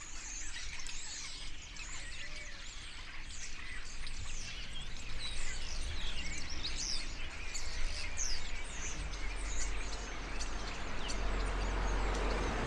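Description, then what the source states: Starlings chattering as a flock, a dense continuous mass of squeaky whistles, clicks and rattles overlapping throughout, with a low steady rumble underneath. Several starlings.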